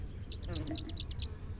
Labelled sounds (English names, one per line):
Rufous-capped Warbler song